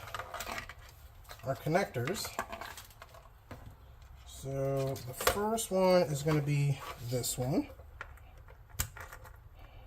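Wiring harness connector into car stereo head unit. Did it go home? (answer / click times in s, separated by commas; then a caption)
yes / 8.0 s, 8.8 s. The first plastic wiring harness connector is pushed into the back of an aftermarket 10-inch car stereo head unit for a 2012–2018 Ford Focus while someone talks. Sharp clicks land at 8.0 s and 8.8 s as the connector seats.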